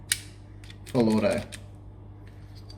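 A fire selector is rotated onto the "full" position in a receiver, giving a loud, sharp click at 0.1 s as the spring-loaded detent ball engages the next notch, so the selector is seated. Someone then talks briefly, with only a few faint ticks after.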